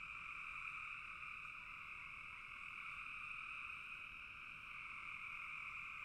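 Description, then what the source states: Frogs calling together in a dense chorus that runs without a break for the whole stretch. Several frogs calling in a bog.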